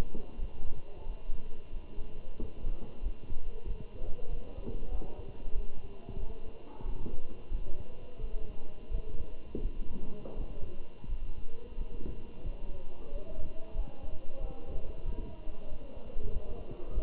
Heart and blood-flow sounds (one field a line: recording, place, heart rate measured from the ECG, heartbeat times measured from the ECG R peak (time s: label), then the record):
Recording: heart sounds by stethoscope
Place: between the tricuspid and mitral areas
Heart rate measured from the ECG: 91 bpm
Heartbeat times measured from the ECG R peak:
0.38 s: heartbeat
1.05 s: heartbeat
1.72 s: heartbeat
2.39 s: heartbeat
3.02 s: heartbeat
3.66 s: heartbeat
4.29 s: heartbeat
4.91 s: heartbeat
5.54 s: heartbeat
6.19 s: heartbeat
6.85 s: heartbeat
7.51 s: heartbeat
8.20 s: heartbeat
8.91 s: heartbeat
9.61 s: heartbeat
10.36 s: heartbeat
11.08 s: heartbeat
11.77 s: heartbeat
12.45 s: heartbeat
13.11 s: heartbeat
13.75 s: heartbeat
14.40 s: heartbeat
15.04 s: heartbeat
15.68 s: heartbeat
16.32 s: heartbeat
16.94 s: heartbeat
From the record:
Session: Bruce protocol treadmill stress test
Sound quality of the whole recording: good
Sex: male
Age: 27 years